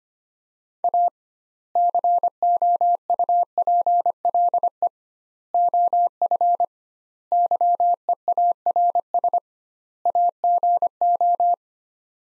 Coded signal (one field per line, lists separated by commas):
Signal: Morse code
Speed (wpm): 25 wpm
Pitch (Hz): 700 Hz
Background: none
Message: A COUPLE OF YEARS AGO